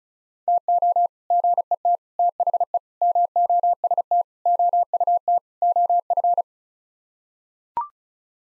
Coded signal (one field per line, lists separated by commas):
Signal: Morse code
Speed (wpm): 34 wpm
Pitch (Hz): 700 Hz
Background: none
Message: TO GET THE MOST OUT OF